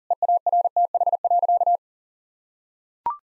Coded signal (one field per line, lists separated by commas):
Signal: Morse code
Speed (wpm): 40 wpm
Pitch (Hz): 700 Hz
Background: none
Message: EARTH.